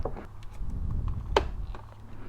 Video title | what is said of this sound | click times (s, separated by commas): Brake Free Light Install and Test on our helmets | there it goes just clicks right in | 1.4 s